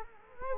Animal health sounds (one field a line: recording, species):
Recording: mosquito wingbeat signal from an infrared sensor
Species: Culex quinquefasciatus